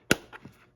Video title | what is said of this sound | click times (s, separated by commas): 2001 YAMAHA Venture/SXR 600 REAR SUSPENSION REBUILD! (Bearings, bushings, install & adjustment) | kind of hear that click | 0.1 s